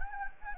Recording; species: mosquito wingbeat signal from an infrared sensor; Anopheles gambiae